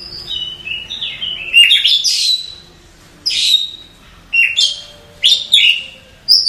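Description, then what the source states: Nightingale singing several separate bright phrases, each a quick burst of high whistles and harsh chirps, with short pauses between. Masteran, used to train caged songbirds to sing.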